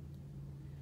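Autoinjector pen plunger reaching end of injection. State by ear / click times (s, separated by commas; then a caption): not seated / none. A cholesterol-drug autoinjector pen is held against the skin at 90 degrees while its yellow plunger moves down toward the end of the dose. Only a steady low hum and rumble is heard, with no sharp sounds. Nothing has clicked yet, and the pen has not reached the end of the injection.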